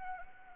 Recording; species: mosquito wingbeat signal from an infrared sensor; Anopheles arabiensis